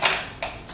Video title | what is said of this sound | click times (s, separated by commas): This Folding Dual Motor Ebike SHREDS - Wallke X3 Max AWD Review | Locks in place. | 0.4 s